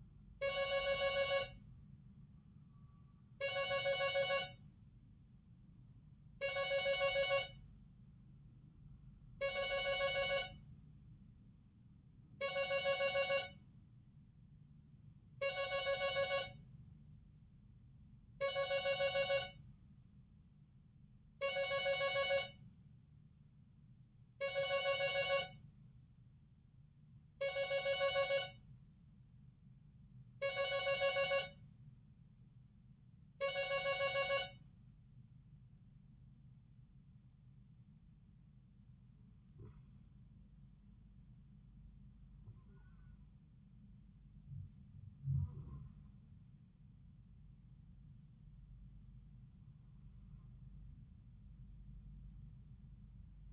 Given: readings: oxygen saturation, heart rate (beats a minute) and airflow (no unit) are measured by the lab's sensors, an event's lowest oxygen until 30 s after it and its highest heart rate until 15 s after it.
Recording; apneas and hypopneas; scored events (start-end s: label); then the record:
a person awake in a sleep study, by a smartphone at the bedside; 1
1.00-31.00 s: new sleep stage, awake
4.00-47.00 s: awake
19.00-48.90 s: hypopnea (scored as awake, oxygen 96% highest, then 92% lowest)
31.00-53.53 s: new sleep stage, N1 (lightest sleep)
From the record:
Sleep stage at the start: N2 (light sleep); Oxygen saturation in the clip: 90 to 96%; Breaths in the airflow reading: 12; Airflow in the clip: -5.3 to 7.4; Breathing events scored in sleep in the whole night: 270 in 6.1 hours asleep